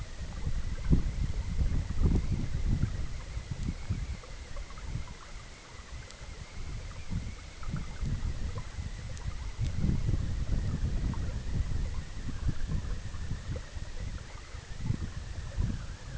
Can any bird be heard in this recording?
no